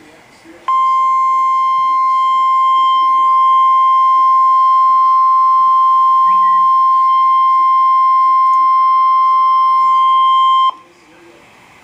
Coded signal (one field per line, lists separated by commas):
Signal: Emergency Alert System (SAME) tones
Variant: 1050 Hz attention tone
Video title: EAS Alert #319-320 (SVR & Tornado Warning)